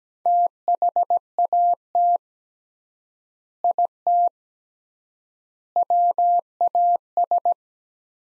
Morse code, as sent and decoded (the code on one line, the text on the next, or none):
- .... .- - / .. - / .-- .- ...
THAT IT WAS